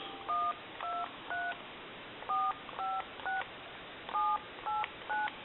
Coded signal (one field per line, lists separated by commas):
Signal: DTMF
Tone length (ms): 210 ms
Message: 123 456 789